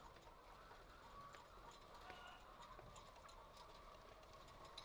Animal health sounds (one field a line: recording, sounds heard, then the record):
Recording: poultry house recording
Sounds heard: healthy chickens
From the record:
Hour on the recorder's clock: 1